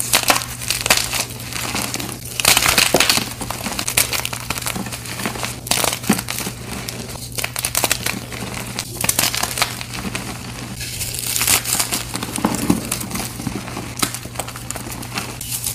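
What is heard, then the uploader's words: Dyed gym chalk is crushed, a dense run of crunching, crinkling and gritty crackles with louder bursts around 2–3, 6, 7, 9 and 11–12 seconds. A steady low hum runs underneath throughout. Blue & Yellow Dyed Gym Chalk Crush. Crushing dyed gym chalk blocks.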